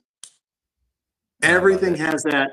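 A plastic part of a Blokees-style transforming toy figure clicks into place with a single sharp click at 0.2 s. After a short silence, someone talks.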